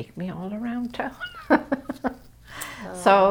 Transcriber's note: laughs